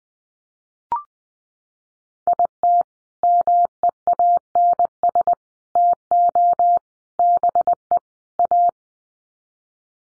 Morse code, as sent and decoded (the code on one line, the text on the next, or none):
.. - / -- . .- -. ... / - --- / -... . / .-
IT MEANS TO BE A